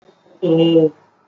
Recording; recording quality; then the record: sustained vowel as in boot; excellent, no background noise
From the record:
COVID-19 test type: RT-PCR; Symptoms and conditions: cough, cold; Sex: male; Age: 20 years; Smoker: no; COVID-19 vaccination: both doses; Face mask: worn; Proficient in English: yes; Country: India